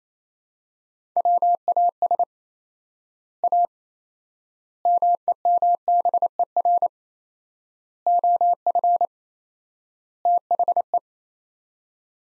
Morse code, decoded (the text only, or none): WAS A MEMBER OF THE